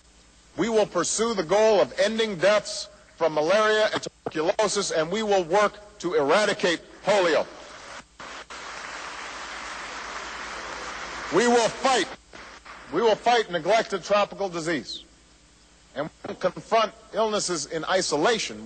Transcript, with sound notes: We will pursue the goal of ending deaths from malaria and tuberculosis, and we will work to eradicate polio. (Applause.) We will fight -- we will fight neglected tropical disease. And we won't confront illnesses in isolation